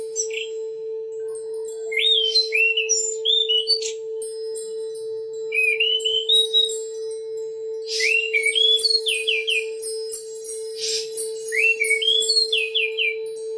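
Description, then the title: Oriental magpie-robin delivering short phrases of rising whistles ending in rapid descending note series, separated by pauses, above a continuous low hum. "Kicau Kacer"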